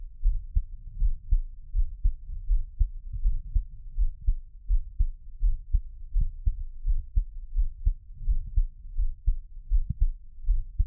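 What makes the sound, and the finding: Heart. Normal heartbeat.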